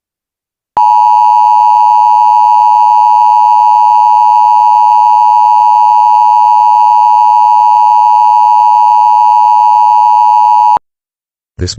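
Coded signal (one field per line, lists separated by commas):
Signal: Emergency Alert System (SAME) tones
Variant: 853 and 960 Hz attention tone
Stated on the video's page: Fictional EAS scenario.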